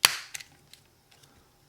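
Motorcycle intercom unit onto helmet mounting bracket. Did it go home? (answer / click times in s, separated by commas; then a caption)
yes / 0.1 s. A Wayxin R15 motorcycle helmet intercom unit is pushed down onto its plastic helmet mounting bracket, giving a sharp, bright click at 0.1 s as the latch moves up and locks it. Fainter ticks and taps follow at about 0.4, 0.7 and 1.1 s. The unit is seated and held firmly on the mount.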